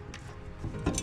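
On a 10th-gen Honda Civic, after the rear caliper piston has been compressed, the caliper is aligned back and its electrical connector, likely the electric parking brake motor plug, is handled toward its plastic socket. Brief, sharp handling knocks sound over background music. Nothing has seated or clicked yet; the connector is not yet home.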